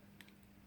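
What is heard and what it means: The fire button lock ring on a Raven-style mechanical vape mod tube is turned back one notch to lock it, giving a sharp click at 0.2 s followed by a softer tick at 0.3 s over a steady low hum. The ring clicks into its locked position.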